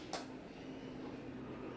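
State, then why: Seated. A new flat ribbon cable is plugged into its connector on the T-con board of an LG OLED65C7P OLED TV being repaired for power surge or lightning damage. One sharp snap at 0.1 s shows the cable seating into place. Steady background hum continues throughout.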